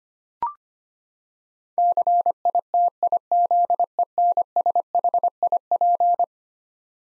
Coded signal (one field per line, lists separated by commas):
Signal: Morse code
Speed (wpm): 25 wpm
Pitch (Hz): 700 Hz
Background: none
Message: CITIZENSHIP